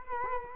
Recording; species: mosquito wingbeat signal from an infrared sensor; Culex quinquefasciatus